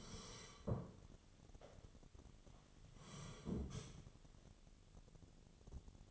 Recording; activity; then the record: daily activity, microphone in the room; sit down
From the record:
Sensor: 4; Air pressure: 1016.1 hPa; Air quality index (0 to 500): 184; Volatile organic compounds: 8 ppm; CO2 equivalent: 2096 ppm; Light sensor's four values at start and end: 9/20/8/7 and 9/20/8/7